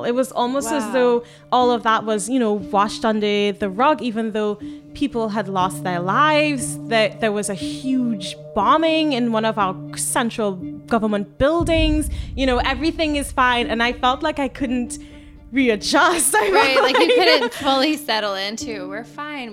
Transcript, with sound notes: It was almost as though all of that was washed under the rug even though people had lost their lives, that there was a huge bombing in one of our central government buildings, everything is fine, and I felt like I couldn't readjust. [chuckles]
Right. You couldn't fully settle into, "We're fine.